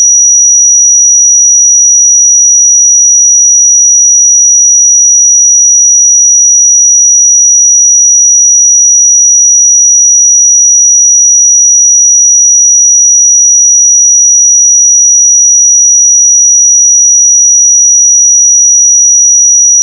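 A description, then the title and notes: A pure sine tone at 5815 Hz sounds as a thin, bright, piercing whistle. It holds one unchanging pitch and level for the full twenty seconds, with no pulsing or breaks, and there is nothing else in the background. 5815 Hz 1 Hz Interval Sine Pure Tone Frequency 441000 Sample Mono.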